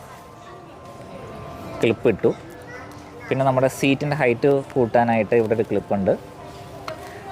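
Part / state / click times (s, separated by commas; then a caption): seat post quick-release clip on a folding bicycle / released / 6.9 s. Someone talks while pointing to the quick-release clip that sets the seat height on a folding bicycle, then flips the seat post clip open. One sharp snap is heard at 6.9 s as the clip is released.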